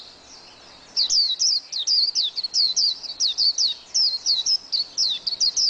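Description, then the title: White-eye song: a quick run of high, thin, twittering notes sweeping up and down, repeated rapidly for about five seconds after a short quiet start. "Pleci. Burung"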